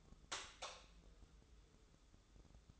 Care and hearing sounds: daily activity, microphone in the room; light off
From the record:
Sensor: 3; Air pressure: 995.3 hPa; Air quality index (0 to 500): 82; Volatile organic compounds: 7 ppm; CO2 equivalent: 1975 ppm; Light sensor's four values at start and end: 11/30/12/11 and 9/21/8/8

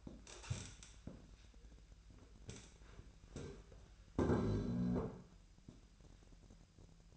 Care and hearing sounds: daily activity, microphone in the room; stand up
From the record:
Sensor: 2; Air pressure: 1001.8 hPa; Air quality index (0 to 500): 240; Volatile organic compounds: 74 ppm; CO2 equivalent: 3556 ppm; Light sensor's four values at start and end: 9/21/9/9 and 7/16/7/7

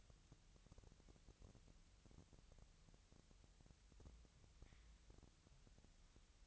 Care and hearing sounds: daily activity, microphone in the room; wipe stove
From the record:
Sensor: 3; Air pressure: 1001.6 hPa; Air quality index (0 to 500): 224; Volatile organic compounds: 30 ppm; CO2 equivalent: 2967 ppm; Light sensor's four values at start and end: 10/33/14/12 and 10/33/14/12

